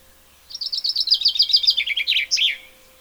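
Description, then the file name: Common chaffinch singing a cascading trill of short falling notes that descends in steps and ends with an emphatic flourish, over a faint steady low hum. "Fringilla coelebs"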